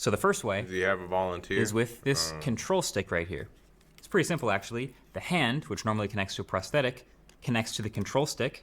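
Someone talks while a bionic prosthetic hand, which normally connects to a prosthetic, is handled near a handheld control stick with a plastic and metal coupling that it locks onto. Nothing has seated or clicked yet; the hand is not yet locked into the control stick when the clip ends.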